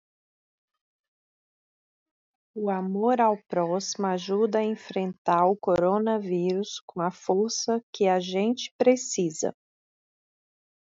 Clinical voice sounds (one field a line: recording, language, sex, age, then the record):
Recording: spoken sentence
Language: Brazilian Portuguese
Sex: female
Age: 40 to 49 years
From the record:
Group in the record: control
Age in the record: 43 years